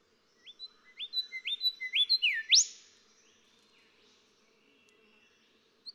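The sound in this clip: Golden whistler sings one phrase of rising whistles capped by a sharp upswept crack, followed by quiet.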